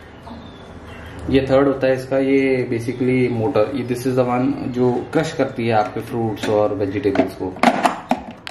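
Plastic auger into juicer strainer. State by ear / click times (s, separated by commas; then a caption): seated / 8.5 s. Someone talks while the third part of a slow juicer, the plastic auger that crushes fruit and vegetables, is dropped into the juicer's strainer. Two short, sharp plastic taps follow, at 8.1 s and 8.5 s, and the auger seats and locks into place at 8.5 s.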